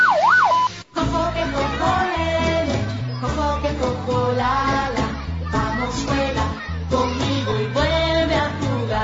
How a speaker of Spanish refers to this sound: Respetemos el horario de recolección establecido. Saque su basura al sonido de la sirena del camión recolector.